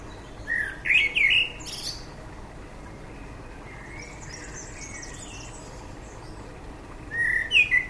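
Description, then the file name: Common blackbird song: a fluty warbled phrase ending in a high squeaky twitter early on, then a long quieter stretch with faint notes before a brief second phrase near the end. "Turdus merula"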